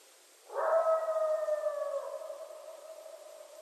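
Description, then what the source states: Coyote howl: a single drawn-out, steady wail with rich harmonics that starts abruptly and slowly fades, over faint background hiss. Several coyotes, 14 January 2012.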